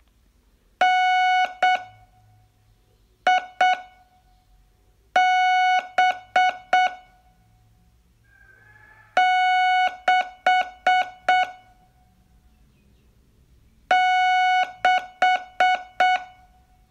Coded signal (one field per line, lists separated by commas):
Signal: Morse code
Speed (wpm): 7 wpm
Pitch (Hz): 740 Hz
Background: none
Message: NIB6 6